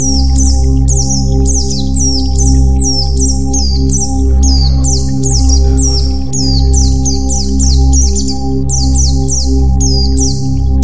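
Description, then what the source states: White-eye song: high falling chirps in rapid runs, pausing briefly midway, then resuming, with a steady low hum underneath. White-eye 'terapi' (therapy) song.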